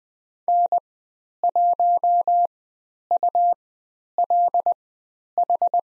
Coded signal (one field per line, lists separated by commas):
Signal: Morse code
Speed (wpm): 20 wpm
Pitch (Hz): 700 Hz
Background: none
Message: N1ULH